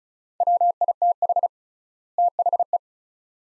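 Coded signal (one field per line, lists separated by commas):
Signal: Morse code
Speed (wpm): 34 wpm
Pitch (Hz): 700 Hz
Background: none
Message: WITH THE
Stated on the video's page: Morse practice of two-word sets at 35 wpm with 3x word spacing, a Farnsworth-like method applied to words; each set is sent in Morse then spoken.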